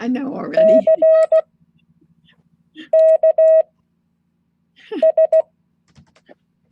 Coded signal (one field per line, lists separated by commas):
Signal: Morse code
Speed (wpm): 16 wpm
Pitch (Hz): 640 Hz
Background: speech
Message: CKS